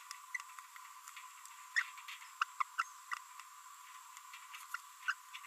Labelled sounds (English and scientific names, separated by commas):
Green-rumped Parrotlet (Forpus passerinus) babbling